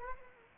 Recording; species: mosquito wingbeat signal from an infrared sensor; Culex quinquefasciatus